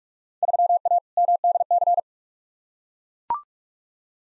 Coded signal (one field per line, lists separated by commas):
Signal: Morse code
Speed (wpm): 43 wpm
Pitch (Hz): 700 Hz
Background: none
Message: 3A MDC